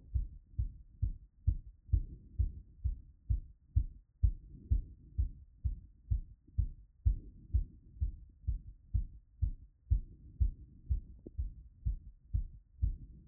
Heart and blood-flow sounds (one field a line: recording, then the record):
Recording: heart sounds by stethoscope after running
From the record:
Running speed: 6 mph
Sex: male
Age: 20 to 29 years